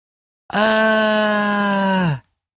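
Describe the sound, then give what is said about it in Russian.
A single loud, muffled but piercing scream bursts in suddenly, holds a steady pitch for nearly two seconds, then sags slightly and cuts off. No other sounds accompany it. “Приглушенный, но очень пронзительный вопль раздался столь внезапно, что я от неожиданности подпрыгнул и выронил книгу.”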